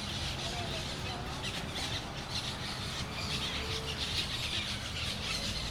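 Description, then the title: Parrots calling as a noisy crowd, raspy screeches layered over one another without pause. Parrots in Crespo, recorded at sunset. "Loros En Crespo Al Atardecer"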